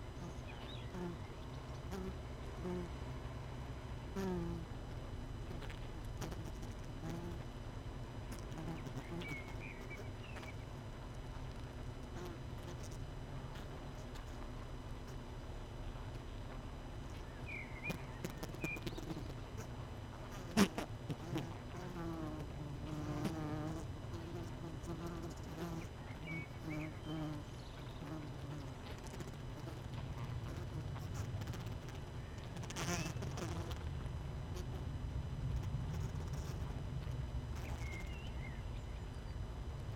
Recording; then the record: honeybee colony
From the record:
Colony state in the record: missing queen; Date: 31 May 2018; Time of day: 19:03